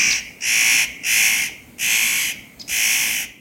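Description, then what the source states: Spotted nutcracker harsh rasping calls, four dry crackling bursts of even length, given at a steady pace with short gaps between them. Compared with the Eurasian jay's call, which it closely resembles; drier and more crackling, with more even, symmetrical, distinct syllables.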